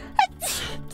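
A single sneeze lasting about a second: a short voiced intake sound, then a sharp, hissing burst of air that fades quickly. This is one ordinary sneeze.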